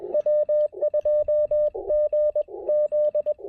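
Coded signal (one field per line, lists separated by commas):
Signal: Morse code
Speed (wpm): 21 wpm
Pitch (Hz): 600 Hz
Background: radio noise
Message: W2GZ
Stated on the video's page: QRP park activation with CW on 20 m and 30 m.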